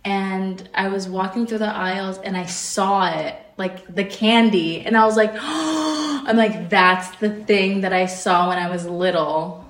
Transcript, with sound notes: And I was walking through the aisles and I saw it — like, the candy. And I was, like,! [ingress breath] I’m like, “That’s the thing that I saw when I was little!”